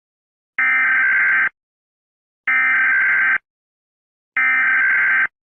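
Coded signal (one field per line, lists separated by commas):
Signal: Emergency Alert System (SAME) tones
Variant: header bursts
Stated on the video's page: Fictional EAS scenario, not a real alert.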